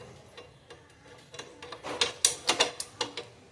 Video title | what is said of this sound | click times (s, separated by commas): Disc Lock -- Safety for bikes and scooters -- | lock போட்டுட்டேன். | 2.0 s, 2.2 s, 2.5 s, 2.6 s, 2.8 s, 3.0 s